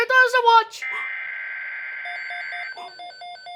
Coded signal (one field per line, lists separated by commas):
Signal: Emergency Alert System (SAME) tones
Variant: header bursts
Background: speech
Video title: severe thunderstorm watch 570 EAS 38